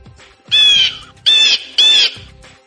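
A small bird, pulled from someone's chest and thrown down, squawks angrily as it flies up in pursuit: three loud, harsh bursts, each shrill and buzzing with layered overtones, separated by short pauses and ending on quieter low rustling.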